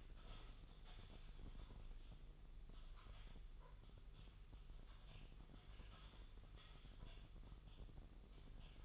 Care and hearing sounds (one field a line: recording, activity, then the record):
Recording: daily activity, microphone in the room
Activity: typing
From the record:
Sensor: 4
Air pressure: 989.6 hPa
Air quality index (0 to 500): 226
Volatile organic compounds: 87 ppm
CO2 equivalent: 3660 ppm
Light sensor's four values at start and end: 26/91/33/35 and 26/91/33/35